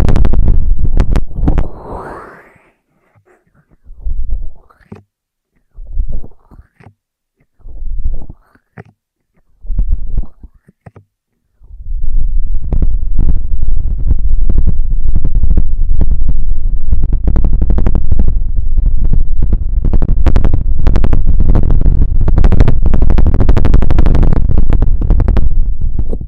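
Ear-trigger sounds with no talking: a dense burst of low rubbing and crackling opens, then short scratchy pulses come about every two seconds with silence between. From about 11 seconds a continuous, heavy rustling and crinkling fills the rest, thick in the lows with bright crisp edges.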